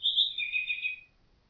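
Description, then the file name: Common nightingale song phrase: a short, bright whistle sliding down into a lower, slightly buzzy note, lasting about one second. "Nachtigall"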